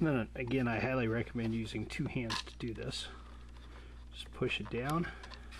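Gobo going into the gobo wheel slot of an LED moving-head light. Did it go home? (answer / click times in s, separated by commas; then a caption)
no / none. A replacement gobo is being pushed down into its slot in the gobo wheel of a Chauvet Q-Spot LED 150 moving-head light while someone talks over a steady low hum. The clip ends before the gobo goes home, so nothing has seated or clicked yet.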